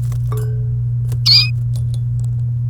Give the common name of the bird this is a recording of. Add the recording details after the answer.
Domestic Canary. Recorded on 29 April 2018 at 17:07. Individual llb3